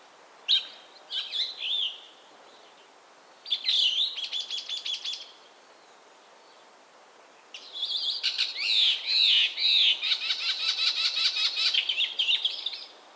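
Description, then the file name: Chestnut-cheeked starling chattering: three bouts of rapid squeaky, whistled and buzzy high notes, the last and longest from about eight seconds to the end, separated by brief pauses. "Sturnus philippensis"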